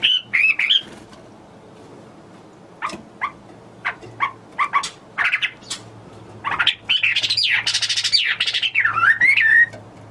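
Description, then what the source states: Hwamei song beginning with a few whistles and scattered sharp notes, then building into a loud, rich, warbling phrase with swooping whistles. Recorded in China.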